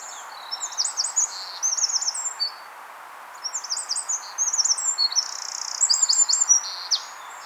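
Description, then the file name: Eurasian wren song, two bright, rapid high-pitched trilled outbursts with a short gap between, over a constant low hiss. "Troglodytes troglodytes"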